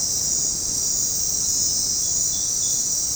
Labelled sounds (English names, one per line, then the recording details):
none
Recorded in dense forest near Puerto Asís, Putumayo, Colombia, on 20 February 2024 at 22:00
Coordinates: 0.503, -76.322
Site G6418